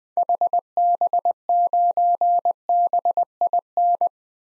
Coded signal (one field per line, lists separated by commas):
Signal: Morse code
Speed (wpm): 20 wpm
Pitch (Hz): 700 Hz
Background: none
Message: HB9BIN